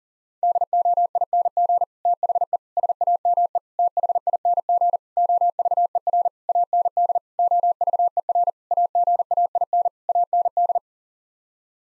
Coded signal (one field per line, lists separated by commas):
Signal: Morse code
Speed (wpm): 40 wpm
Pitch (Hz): 700 Hz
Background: none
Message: DOING THE SAME THING OVER AND OVER AGAIN AND